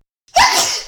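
Silence breaks into one sudden, very loud sneeze from an adult, deliberately induced with red pepper: a faint catch of breath, then an explosive hissing burst with a brief voiced edge that fades over about half a second. A single forceful sneeze, nothing else heard.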